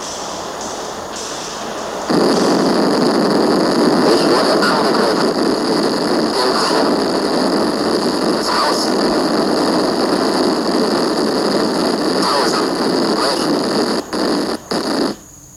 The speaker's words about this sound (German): starke Meeresbewegungen, hohe, schaumige Wellen. Die Algen fliegen wie in einem Sturm. Das Boot wird abgetrieben.